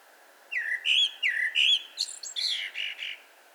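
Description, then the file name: Eurasian blackbird song phrase: two rich, falling fluted notes, then a run of quick squeaky high notes and a chattering close, over a soft steady hiss. "Turdus merula"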